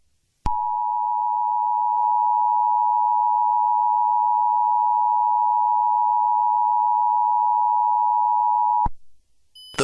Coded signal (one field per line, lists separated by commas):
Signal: Emergency Alert System (SAME) tones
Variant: 853 and 960 Hz attention tone